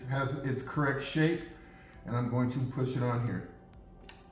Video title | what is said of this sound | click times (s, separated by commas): 2012-2014 CHEVY CRUZE 1.8l ECOTEC - Bad Vapor Canister Purge Valve (EVAP) | you guys heard the click well | 4.1 s